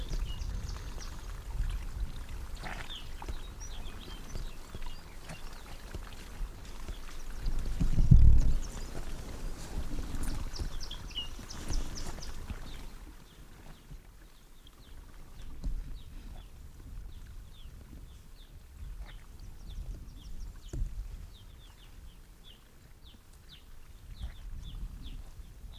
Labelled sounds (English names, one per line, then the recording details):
Arctic Fox
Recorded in the wild
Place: Insel Mednyi, Kommandeur-Inseln, RU
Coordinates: 54.5167, 168.083
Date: 1999-07-14
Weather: 6°C, Nebel, mäßiger Südostwind
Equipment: Sony WM-D6C, Sennheiser ME 80, K 30 AV, Windkorb, Kopie Sony TCD-D8
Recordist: Jakupi, Antje